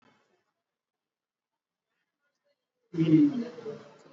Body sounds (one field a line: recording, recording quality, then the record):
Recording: sustained vowel as in beet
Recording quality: moderate, slight background noise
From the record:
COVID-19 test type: RT-PCR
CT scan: not taken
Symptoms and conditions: none ticked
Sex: male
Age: 33 years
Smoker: no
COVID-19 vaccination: both doses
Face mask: worn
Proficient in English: yes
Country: India